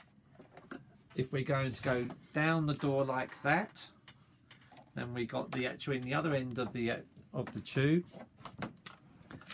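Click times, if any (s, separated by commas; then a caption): 8.9 s. Someone talks while a wireless endoscope camera head is pushed into the end of the tube of an XL Black Scorpion letterbox tool kit. A few faint clicks and handling sounds come before a sharp snap at 8.9 seconds, when the camera head seats into place.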